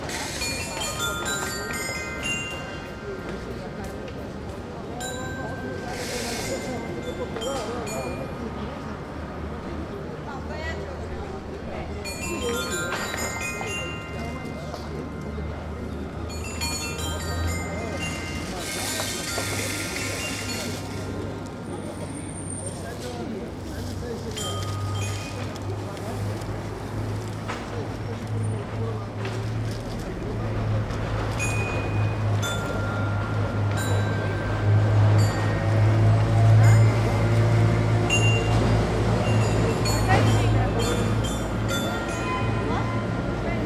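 Kids play on the Dance Chimes, bright tones ringing out over steady traffic rumble and people talking, with a heavier vehicle drone late on.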